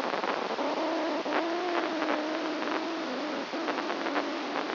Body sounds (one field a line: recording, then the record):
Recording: brain microelectrode recording played as sound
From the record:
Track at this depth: inside the subthalamic nucleus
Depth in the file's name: 3.902 mm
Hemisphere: left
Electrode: 2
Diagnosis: Parkinson's disease